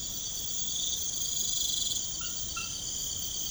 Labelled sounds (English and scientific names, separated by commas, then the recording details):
none
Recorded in pastures near Puerto Asís, Putumayo, Colombia, on 12 March 2025 at 23:30
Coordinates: 0.505, -76.324
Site GP08